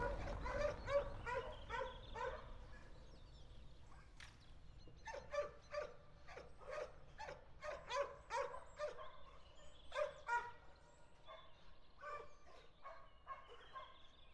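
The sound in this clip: Dog barking in bursts of sharp repeated barks with some higher yelps, low rumble underneath.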